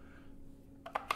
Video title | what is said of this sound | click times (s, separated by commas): Unboxing (french) Savage 220 20ga (Quebecois) | On peut vraiment entendre un gros clic, ce qui est vraiment bien. | 1.0 s, 1.1 s